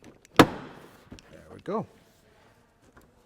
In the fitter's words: There we go. That is seated.